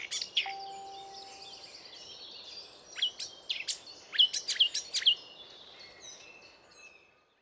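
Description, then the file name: Eurasian blackcap: a few sharp ticking notes, mostly bunched in the middle, with a thin level tone near the start. "Sylvia atricapilla"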